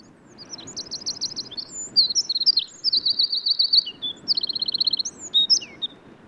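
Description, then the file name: Eurasian wren singing shrill, fast rattling trills and twitters for about six seconds, accompanied by constant low-pitched background rumble. "Troglodytes troglodytes"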